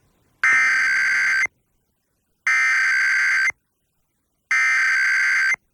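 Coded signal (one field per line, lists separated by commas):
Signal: Emergency Alert System (SAME) tones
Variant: header bursts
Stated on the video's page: National Periodic Test relayed by FM broadcast stations and a cable system, recorded from stereos and an MP3 player via microphone jack and audio recorder.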